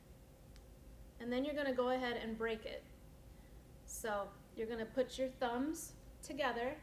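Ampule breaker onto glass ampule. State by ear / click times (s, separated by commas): seated / 0.6 s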